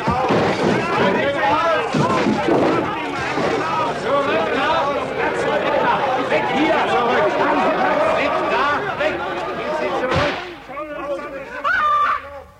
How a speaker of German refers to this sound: Der nächste Schuss geht nicht mehr in die Luft.